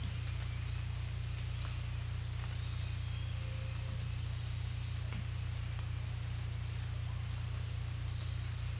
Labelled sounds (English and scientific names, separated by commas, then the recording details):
none
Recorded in dense forest near Puerto Asís, Putumayo, Colombia, on 18 December 2024 at 07:00
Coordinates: 0.467, -76.328
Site GP05